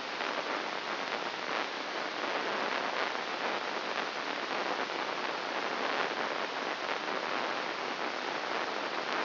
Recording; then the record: brain microelectrode recording played as sound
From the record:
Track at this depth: inside the subthalamic nucleus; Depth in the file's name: 2.604 mm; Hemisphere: right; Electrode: 3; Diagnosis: Parkinson's disease